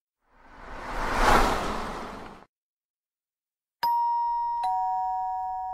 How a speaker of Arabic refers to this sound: قرعنا الجرس ففتحت لنا نجلاء الباب